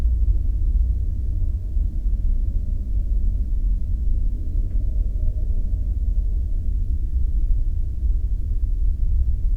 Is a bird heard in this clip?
no